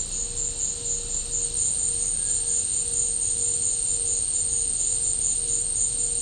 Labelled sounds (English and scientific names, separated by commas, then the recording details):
none
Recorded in pastures near Puerto Asís, Putumayo, Colombia, on 20 December 2024 at 13:30
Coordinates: 0.496, -76.326
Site G004